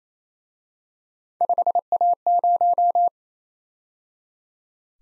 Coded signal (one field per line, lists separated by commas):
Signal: Morse code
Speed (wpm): 32 wpm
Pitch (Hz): 700 Hz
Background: none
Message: 5A0